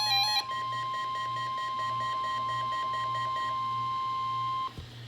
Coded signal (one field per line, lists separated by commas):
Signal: Emergency Alert System (SAME) tones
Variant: 1050 Hz attention tone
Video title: (EAS #587-592) Night to Day to Evening (EAS Tests from 6/9/2021)